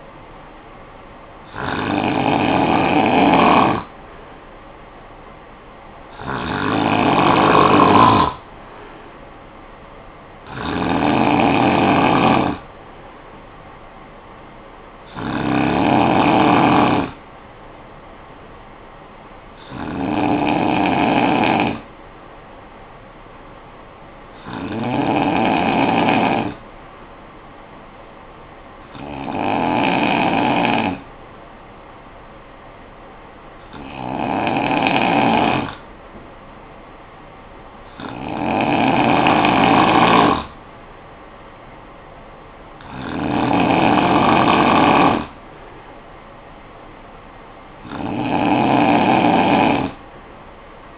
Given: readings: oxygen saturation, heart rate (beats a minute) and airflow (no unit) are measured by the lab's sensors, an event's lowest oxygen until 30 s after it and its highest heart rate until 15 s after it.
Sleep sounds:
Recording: breathing in sleep by a voice recorder at the bedside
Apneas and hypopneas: 1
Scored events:
27.00-41.10 s: hypopnea (N2, oxygen 95% highest, then 92% lowest, heart rate 56 at the start, 62 highest)
From the record:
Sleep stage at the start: N2 (light sleep)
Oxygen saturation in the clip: 91 to 95%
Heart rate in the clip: 53 to 64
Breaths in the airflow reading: 11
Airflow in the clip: -9.9 to 5.4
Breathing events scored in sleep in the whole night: 445 in 7.6 hours asleep

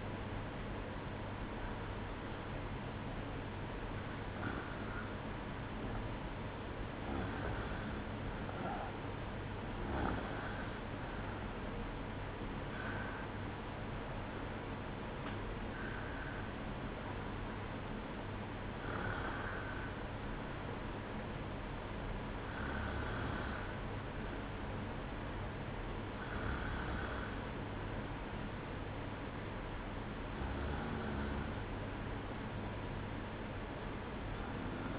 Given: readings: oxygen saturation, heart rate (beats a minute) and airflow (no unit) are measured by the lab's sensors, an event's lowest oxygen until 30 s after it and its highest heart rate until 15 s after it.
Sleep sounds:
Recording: breathing in sleep by a voice recorder at the bedside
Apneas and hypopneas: none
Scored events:
none scored
From the record:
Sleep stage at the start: REM sleep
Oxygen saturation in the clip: 94 to 95%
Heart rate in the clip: 60 to 69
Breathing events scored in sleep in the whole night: 305 in 9.6 hours asleep

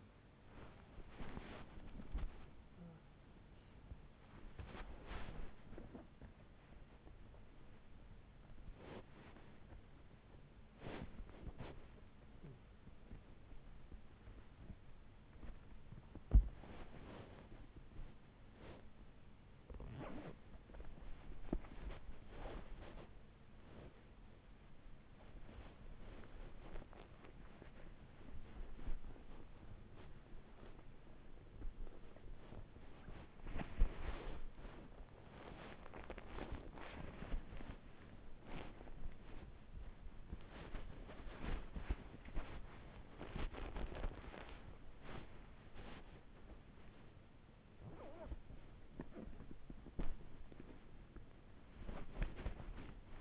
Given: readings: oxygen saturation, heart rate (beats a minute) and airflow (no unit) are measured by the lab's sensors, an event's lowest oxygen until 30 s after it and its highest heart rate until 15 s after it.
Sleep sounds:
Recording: a person awake in a sleep study, by a voice recorder at the bedside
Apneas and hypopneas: none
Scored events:
0.00-53.21 s: awake
From the record:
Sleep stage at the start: awake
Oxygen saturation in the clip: 96 to 98%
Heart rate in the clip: 60 to 85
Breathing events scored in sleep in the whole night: 35 in 6.9 hours asleep

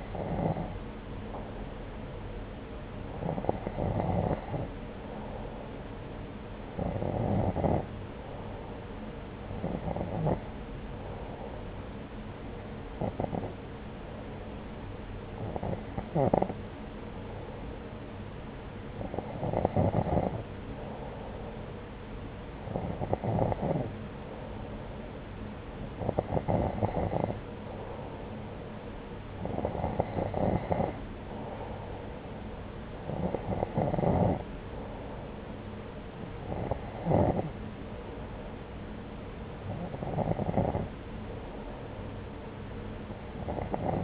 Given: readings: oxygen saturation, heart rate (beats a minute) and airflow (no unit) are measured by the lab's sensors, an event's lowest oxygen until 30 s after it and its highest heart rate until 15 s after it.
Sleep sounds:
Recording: breathing in sleep by a voice recorder at the bedside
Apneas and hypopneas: none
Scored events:
none scored
From the record:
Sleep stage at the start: N2 (light sleep)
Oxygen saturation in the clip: 90 to 92%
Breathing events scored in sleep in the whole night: 303 in 8.1 hours asleep

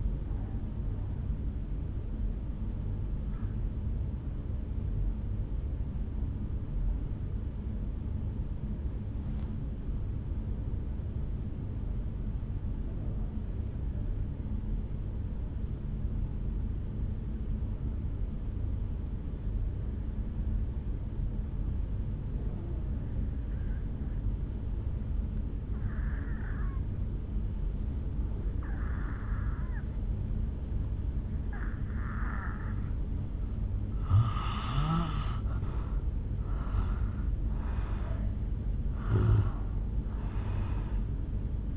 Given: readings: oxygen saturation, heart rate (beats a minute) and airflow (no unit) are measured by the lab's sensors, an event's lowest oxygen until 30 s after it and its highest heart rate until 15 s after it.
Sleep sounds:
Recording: breathing in sleep by a smartphone at the bedside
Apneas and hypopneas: 1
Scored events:
5.00-36.60 s: obstructive apnea (N1, oxygen 98% highest, then 81% lowest, heart rate 52 at the start, 70 highest)
9.00-41.77 s: new sleep stage, N2 (light sleep)
From the record:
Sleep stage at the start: N1 (lightest sleep)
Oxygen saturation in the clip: 83 to 98%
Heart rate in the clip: 52 to 69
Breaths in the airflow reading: 3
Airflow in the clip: -10.9 to 4.6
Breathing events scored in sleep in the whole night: 449 in 7.0 hours asleep

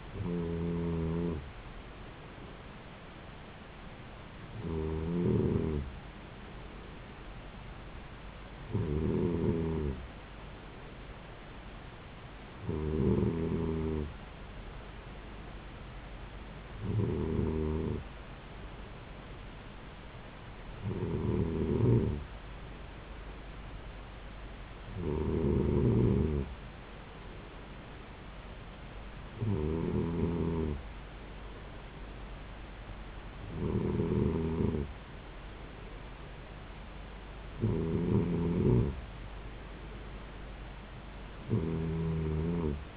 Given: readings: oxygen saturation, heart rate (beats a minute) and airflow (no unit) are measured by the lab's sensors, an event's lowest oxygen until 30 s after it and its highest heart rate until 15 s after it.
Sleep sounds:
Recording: breathing in sleep by a voice recorder at the bedside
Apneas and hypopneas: none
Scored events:
none scored
From the record:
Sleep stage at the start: N2 (light sleep)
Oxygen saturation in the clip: 93 to 94%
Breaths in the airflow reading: 11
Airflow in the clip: -3.8 to 3.7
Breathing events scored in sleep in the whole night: 270 in 6.1 hours asleep

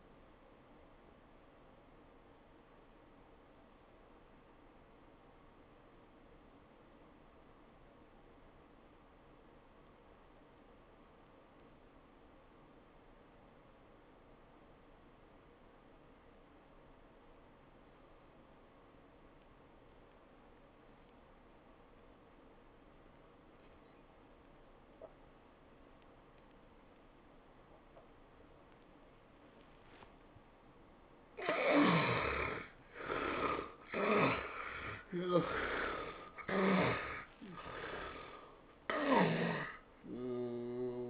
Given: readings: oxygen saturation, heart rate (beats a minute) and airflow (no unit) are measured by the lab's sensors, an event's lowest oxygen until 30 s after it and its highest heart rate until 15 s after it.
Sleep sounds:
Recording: breathing in sleep by a voice recorder at the bedside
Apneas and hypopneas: 1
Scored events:
8.00-31.00 s: obstructive apnea (N1, oxygen 93% highest, then 71% lowest, heart rate 80 at the start, 100 highest)
From the record:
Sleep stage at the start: N1 (lightest sleep)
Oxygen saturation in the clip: 74 to 93%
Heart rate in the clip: 73 to 100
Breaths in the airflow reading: 3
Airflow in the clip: -16.7 to 14.6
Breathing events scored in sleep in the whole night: 403 in 5.5 hours asleep

